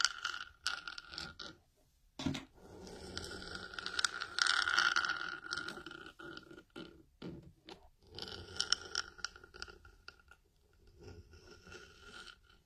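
Something is rubbed against a hard object in uneven strokes, with a gritty, scratchy texture and a steady squeaky tone running through it. The rubbing is loudest around the four-to-five-second mark and again near eight seconds, broken by brief pauses and sharp knocks.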